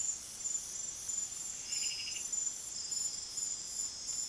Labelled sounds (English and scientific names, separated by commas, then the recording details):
none
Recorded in pastures near Puerto Asís, Putumayo, Colombia, on 25 June 2025 at 23:00
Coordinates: 0.487, -76.322
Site H26